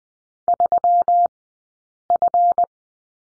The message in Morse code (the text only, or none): 3F